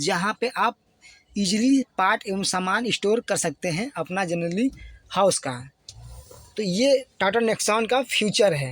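A man talks beside the open glove box of a Tata Nexon, where items can be stored. The glove box lid is handled but not yet pushed shut into its dashboard latch, and nothing has seated or clicked yet.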